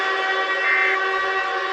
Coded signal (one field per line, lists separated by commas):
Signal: Emergency Alert System (SAME) tones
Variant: end-of-message bursts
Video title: EAS SCENARIO 24: Simon Attacks